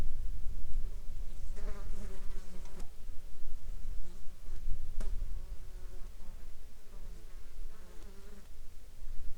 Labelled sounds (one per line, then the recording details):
insects
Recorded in the Arctic National Wildlife Refuge, Alaska, on 19 July 2021 at 21:00
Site 35